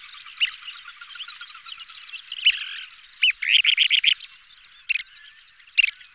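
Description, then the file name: Kentish plover calls, a quick run of short, sharp notes amid a steady background of thin chattering calls, with a few louder single notes toward the end. "Kulik morsky Charadrius alexandrinus"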